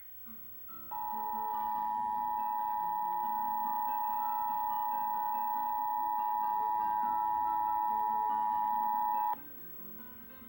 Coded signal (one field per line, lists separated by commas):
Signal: Emergency Alert System (SAME) tones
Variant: 853 and 960 Hz attention tone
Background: music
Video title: EAS: New Jersey RMT (12/16/2025)